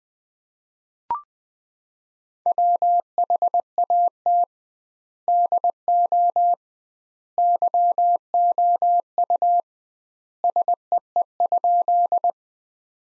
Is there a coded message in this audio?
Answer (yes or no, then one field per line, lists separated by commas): yes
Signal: Morse code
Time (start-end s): 2.5-12.3 s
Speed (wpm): 20 wpm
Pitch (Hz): 700 Hz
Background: none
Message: WHAT DO YOU SEE?